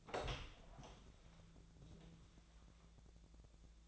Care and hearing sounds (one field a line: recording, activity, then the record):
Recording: daily activity, microphone in the room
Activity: open door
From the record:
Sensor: 3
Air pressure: 1000.5 hPa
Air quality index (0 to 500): 181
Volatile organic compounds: 4 ppm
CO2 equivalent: 1574 ppm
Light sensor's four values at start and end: 12/29/12/13 and 12/29/12/13